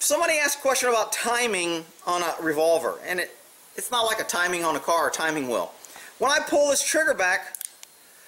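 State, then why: Seated. Someone talks while pulling back the trigger of a revolver. At 7.8 s, the metal cylinder stop engages the cylinder with a single short click, locking it into place as it should when the timing is correct.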